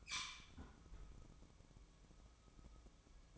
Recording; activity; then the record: daily activity, microphone in the room; close fridge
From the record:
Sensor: 1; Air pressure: 1007.9 hPa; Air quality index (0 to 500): 94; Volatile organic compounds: 1 ppm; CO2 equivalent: 806 ppm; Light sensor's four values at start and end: 14/33/14/16 and 14/33/14/16